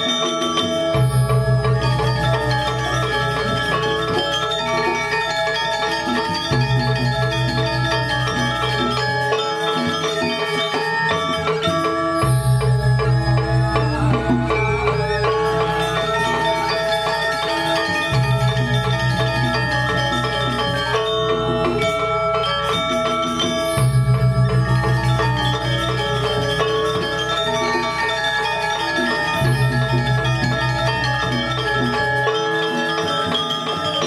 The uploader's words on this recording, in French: Puri Saren Agung, le palais d’Ubud. C’est un endroit qui donne sur la rue principale (Jalan Raya Ubud).